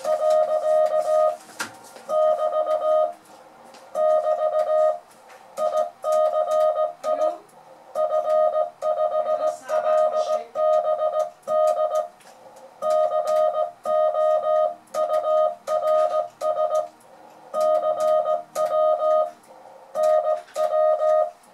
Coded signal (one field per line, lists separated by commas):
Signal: Morse code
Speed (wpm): 17 wpm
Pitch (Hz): 620 Hz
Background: music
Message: . <BT> <BT> ICI F5LBD COURS CW NW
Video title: cours de morse pour débutants chaque mardi